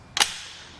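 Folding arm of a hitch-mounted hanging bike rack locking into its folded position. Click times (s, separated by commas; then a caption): 0.2 s. The metal arms of a Thule Range RV hitch-mounted hanging bike rack for 4 bikes, mounted on a 2019 Toyota Highlander, are folded down after the gray latch is pulled up. They lock into their folded position with a single loud, sharp click at 0.2 s. The click has a bright high-frequency ring that fades over about half a second, confirming the arms are locked in place.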